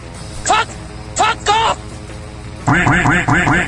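A duck sound effect: a few separate nasal quacks, then a quick run of five or six loud, rhythmic quacks at the end, with no talking.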